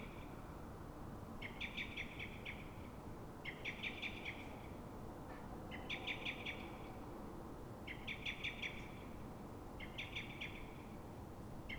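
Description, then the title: Common blackbird alarm call: several bursts of rapid, sharp chinking notes, each about a second long, repeated about every two seconds, with a low background rumble. At dawn in Fuenlabrada, Madrid, Spain; alarm given when frightened or threatened, probably by another blackbird; Zoom H1n recorder. "Pl. de Francisco Escolar, 10, 28944 Fuenlabrada, Madrid, España - Mirlo asustado"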